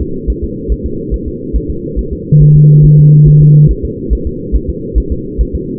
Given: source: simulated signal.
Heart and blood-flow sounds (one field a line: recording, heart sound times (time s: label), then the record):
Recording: fetal heart sounds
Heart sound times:
0.02 s: S2
0.30 s: S1
0.44 s: S2
0.72 s: S1
0.86 s: S2
1.14 s: S1
1.28 s: S2
1.56 s: S1
1.70 s: S2
1.99 s: S1
2.13 s: S2
2.42 s: S1
2.56 s: S2
2.85 s: S1
2.99 s: S2
3.28 s: S1
3.42 s: S2
3.71 s: S1
3.85 s: S2
4.13 s: S1
4.27 s: S2
4.56 s: S1
4.69 s: S2
4.98 s: S1
5.12 s: S2
5.41 s: S1
5.55 s: S2
From the record:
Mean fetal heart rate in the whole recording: 140 bpm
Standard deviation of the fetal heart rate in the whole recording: 2 bpm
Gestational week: 34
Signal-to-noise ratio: -6.6 dB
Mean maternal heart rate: 72 bpm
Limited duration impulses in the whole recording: present